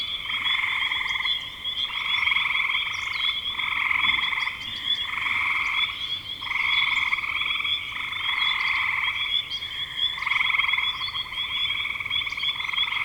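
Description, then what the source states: Frog chorus of rapid, rattling trills in repeated short bursts, with scattered thin chirps higher up. Frogs in spring 2025.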